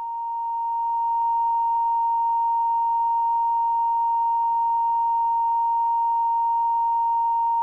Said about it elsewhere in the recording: People with tinnitus hear a sound like this all the time. There are all kinds of things that cause tinnitus. Exposure to loud sounds, hearing loss, even stress. With it, you hear constant noise, usually a ringing or a buzz. These simulations were created by the British Tinnitus Association. Tinnitus affects. Between 10 and 15% of the population. For some, the sound is completely deafening, and often, there's no cure.